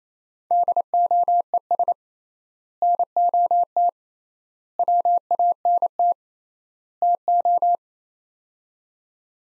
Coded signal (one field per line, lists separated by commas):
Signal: Morse code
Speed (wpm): 28 wpm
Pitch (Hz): 700 Hz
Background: none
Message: DOES NOT WANT TO